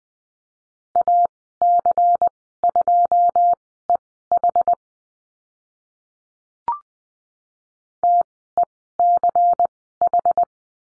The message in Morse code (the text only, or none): AC2EH TECH